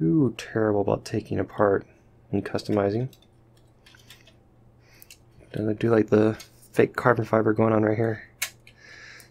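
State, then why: Seated. Someone talks while handling a Maisto Special Edition Gulf 2017 Ford GT die-cast model car, with a few faint ticks around 3.9 to 5.1 seconds. The model's opening door is closed into the body and snaps shut with a sharp click at 8.4 seconds, seating in place.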